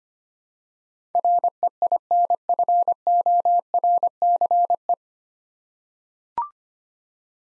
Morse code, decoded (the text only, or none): REINFORCE